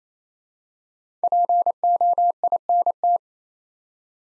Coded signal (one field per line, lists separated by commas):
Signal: Morse code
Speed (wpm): 28 wpm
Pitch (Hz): 700 Hz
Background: none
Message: POINT